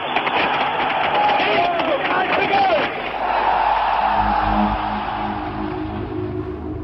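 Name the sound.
crowd ovation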